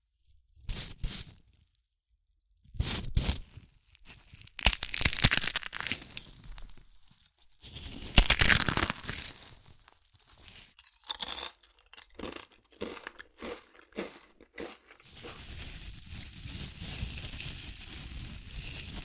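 Chips are crushed and eaten in sharp, bright crunches and crinkles, irregular bursts through most of the clip, ending in a steady rustling hiss.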